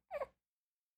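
A single brief, squeaky vocal hiccup from an infant boy sitting on a lap, lasting about a quarter second with a quick two-part pitch rise and fall. The infant is being fed formula. Infant hiccups are a common, harmless event, often during or after feeding.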